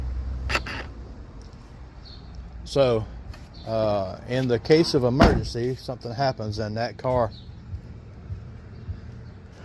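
Pressing the electronic door-release button on a car door makes the door latch release with an audible clunk at 0.7 s, followed by a fainter tick at 1.4 s. Someone then talks over quiet background noise. The electronic latch clicks open.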